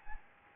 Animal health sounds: mosquito wingbeat signal from an infrared sensor; Anopheles gambiae

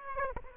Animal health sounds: mosquito wingbeat signal from an infrared sensor; Aedes aegypti

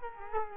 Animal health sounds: mosquito wingbeat signal from an infrared sensor; Culex quinquefasciatus

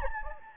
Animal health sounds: mosquito wingbeat signal from an infrared sensor; Anopheles gambiae

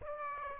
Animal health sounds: mosquito wingbeat signal from an infrared sensor; Aedes aegypti

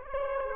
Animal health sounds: mosquito wingbeat signal from an infrared sensor; Aedes aegypti

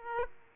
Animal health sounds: mosquito wingbeat signal from an infrared sensor; Aedes aegypti

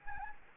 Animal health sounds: mosquito wingbeat signal from an infrared sensor; Anopheles arabiensis

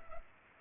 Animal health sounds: mosquito wingbeat signal from an infrared sensor; Culex pipiens

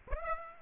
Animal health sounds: mosquito wingbeat signal from an infrared sensor; Aedes aegypti

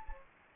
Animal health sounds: mosquito wingbeat signal from an infrared sensor; Anopheles gambiae

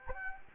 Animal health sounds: mosquito wingbeat signal from an infrared sensor; Anopheles gambiae

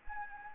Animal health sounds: mosquito wingbeat signal from an infrared sensor; Anopheles arabiensis

